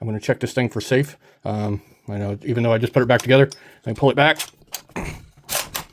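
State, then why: Seated. Someone talks while checking a just-reassembled, unloaded pistol for safe, then pulls the slide back. The slide catches on the slide stop with a sharp metallic click at 5.8 s, and it locks back into place.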